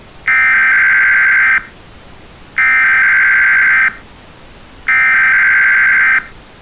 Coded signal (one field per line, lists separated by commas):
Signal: Emergency Alert System (SAME) tones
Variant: header bursts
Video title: i uploaded my old unfinished eas scenario from 2 years ago because bored